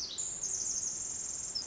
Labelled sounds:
Pacific Wren (Troglodytes pacificus)
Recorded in Sonoma County, California

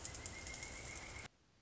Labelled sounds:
Pileated Woodpecker (Dryocopus pileatus)
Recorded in Sonoma County, California

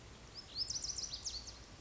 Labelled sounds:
Lazuli Bunting (Passerina amoena)
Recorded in Sonoma County, California

